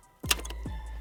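A wiring adapter connector from a Multifunctional Cybertruck button kit is pushed into the harness connector behind the console of a Tesla Model 3/Y. A sharp click sounds at 0.3 s, followed by two fainter ticks at about 0.5 s, over a low steady background. The connector is seated.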